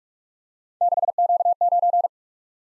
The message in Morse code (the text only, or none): 6Q9